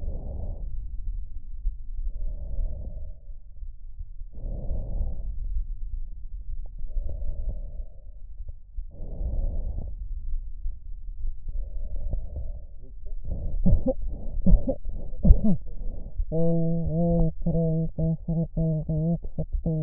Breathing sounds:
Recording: lung sounds by stethoscope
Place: right anterior apical chest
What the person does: quiet breathing, then cough and speech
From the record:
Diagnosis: interstitial lung disease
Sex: female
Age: 72 years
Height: 158 cm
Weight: 69 kg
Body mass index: 27.6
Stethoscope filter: extended mode

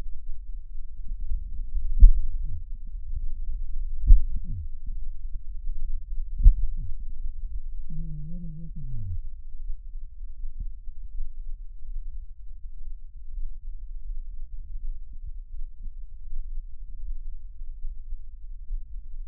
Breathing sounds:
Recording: lung sounds by stethoscope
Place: right anterior apical chest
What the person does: quiet breathing, then cough and speech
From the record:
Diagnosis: COPD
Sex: male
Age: 77 years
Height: 172 cm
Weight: 85.2 kg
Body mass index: 28.8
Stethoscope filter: bell mode

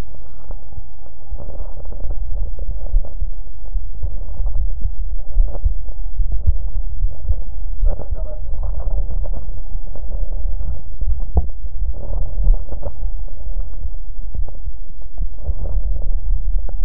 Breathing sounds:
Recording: lung sounds by stethoscope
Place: right posterior apical chest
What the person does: quiet breathing, then cough and speech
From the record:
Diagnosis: pulmonary infection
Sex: female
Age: 74 years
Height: 160 cm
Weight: 66 kg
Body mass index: 25.8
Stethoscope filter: extended mode

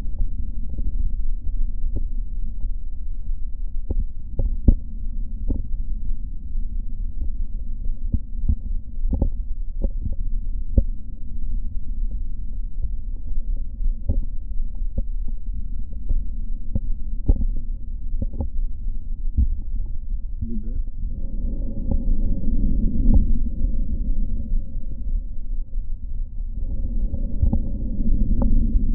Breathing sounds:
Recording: lung sounds by stethoscope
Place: right posterior apical chest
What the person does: quiet breathing, then deep breathing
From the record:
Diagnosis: none (healthy)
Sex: male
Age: 23 years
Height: 185 cm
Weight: 93 kg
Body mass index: 27.2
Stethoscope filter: diaphragm mode

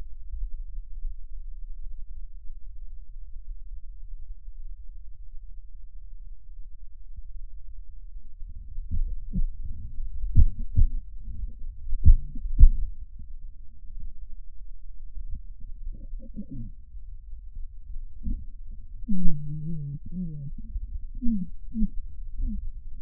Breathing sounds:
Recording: lung sounds by stethoscope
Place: left posterior apical chest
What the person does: quiet breathing, then cough and speech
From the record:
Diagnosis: interstitial lung disease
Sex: male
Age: 82 years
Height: 158 cm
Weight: 49 kg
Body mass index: 19.6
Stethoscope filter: bell mode

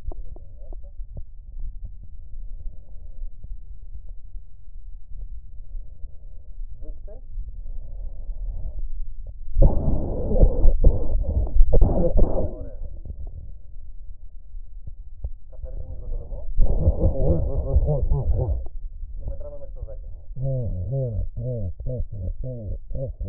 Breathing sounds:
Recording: lung sounds by stethoscope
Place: right anterior apical chest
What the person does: quiet breathing, then cough and speech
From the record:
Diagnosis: pulmonary infection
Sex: male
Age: 74 years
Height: 171 cm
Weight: 80 kg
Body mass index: 27.4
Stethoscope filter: extended mode

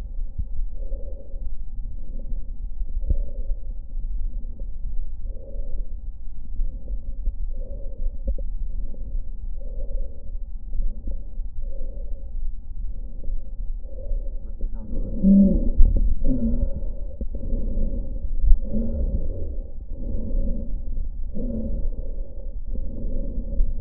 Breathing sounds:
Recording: lung sounds by stethoscope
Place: left posterior apical chest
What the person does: quiet breathing, then deep breathing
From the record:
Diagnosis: interstitial lung disease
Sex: female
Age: 72 years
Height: 153 cm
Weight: 71 kg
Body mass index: 30.3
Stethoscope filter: diaphragm mode

